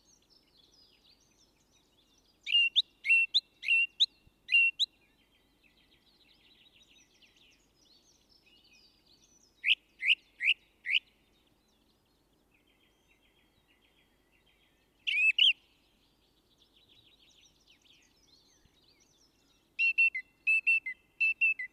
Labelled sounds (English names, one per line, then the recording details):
Song Thrush song
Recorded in the wild
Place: Garmisch-Partenkirchen, Bayern, DE
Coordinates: 47.5164, 11.0811
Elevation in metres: 877
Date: 1971-04-13
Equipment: Nagra IV, Sennheiser MKH 405
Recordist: Tretzel, Erwin